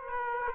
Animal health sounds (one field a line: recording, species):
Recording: mosquito wingbeat signal from an infrared sensor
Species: Aedes aegypti